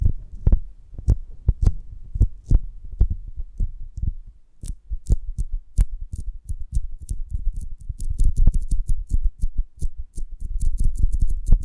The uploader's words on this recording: ASMR of a Honeycomb on Branch (No Talking).